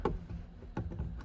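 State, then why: Not seated. A driver airbag module is handled while being lined up on its pin in the steering wheel of a 1999–2002 Chevy Silverado 1500 during a horn contact replacement. Brief knocks and taps are heard at about 0.1, 0.8 and 1.2 seconds. Nothing has seated or clicked into place yet.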